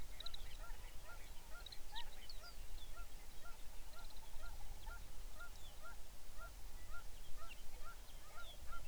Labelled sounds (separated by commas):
songbird, waterfowl, grouse or ptarmigan